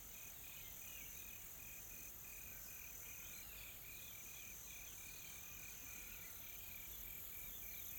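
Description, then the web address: Insect chorus, a steady high hiss with a regular pulsed beeping trill throughout and light scattered chirps. Soft, calm insect ambience from a tropical forest in South Africa. "Sonniss com - GDC 2020-Game Audio Bundle Smart Sound FX - Nature South Africa AMBIENCE Additional Tropical Forest Soft Insects Calm"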